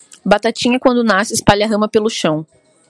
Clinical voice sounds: short text; Brazilian Portuguese; female; 30 to 39 years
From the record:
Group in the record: control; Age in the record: 30 years

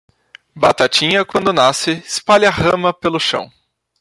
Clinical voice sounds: short text; Brazilian Portuguese; male; 30 to 39 years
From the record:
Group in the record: control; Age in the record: 30 years

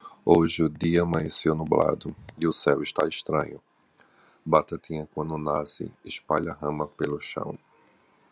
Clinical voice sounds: short text; Brazilian Portuguese; male; 40 to 49 years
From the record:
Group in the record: control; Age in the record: 46 years

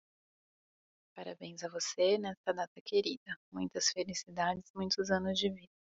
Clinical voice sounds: short text; Brazilian Portuguese; female; 30 to 39 years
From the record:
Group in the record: control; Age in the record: 35 years

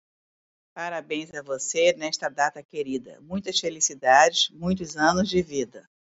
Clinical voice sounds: short text; Brazilian Portuguese; female; 50 to 59 years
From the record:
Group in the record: control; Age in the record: 59 years

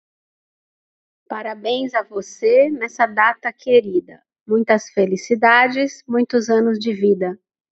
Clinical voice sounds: short text; Brazilian Portuguese; female; 40 to 49 years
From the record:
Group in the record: control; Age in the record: 44 years

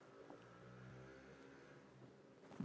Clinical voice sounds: short text; Brazilian Portuguese; female; 40 to 49 years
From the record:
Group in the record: control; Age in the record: 45 years

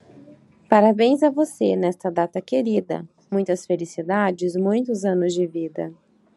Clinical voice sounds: short text; Brazilian Portuguese; female; 20 to 29 years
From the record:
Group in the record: control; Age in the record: 29 years

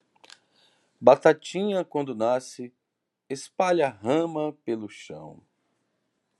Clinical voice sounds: short text; Brazilian Portuguese; male; 40 to 49 years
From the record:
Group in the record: control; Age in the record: 48 years

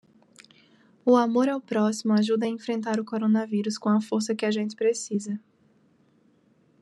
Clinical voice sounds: spoken sentence; Brazilian Portuguese; female; 20 to 29 years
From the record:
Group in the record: control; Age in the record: 24 years

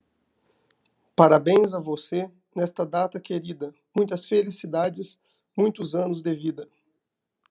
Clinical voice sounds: short text; Brazilian Portuguese; male; 30 to 39 years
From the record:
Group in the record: control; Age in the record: 33 years

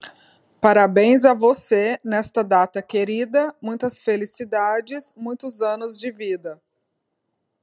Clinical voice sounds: short text; Brazilian Portuguese; female; 30 to 39 years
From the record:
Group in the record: control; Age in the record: 39 years

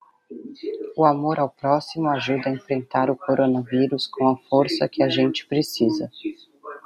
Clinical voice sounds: spoken sentence; Brazilian Portuguese; female; 30 to 39 years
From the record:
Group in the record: control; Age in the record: 35 years

